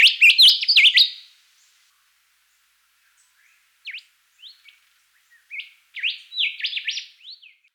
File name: rufous whistler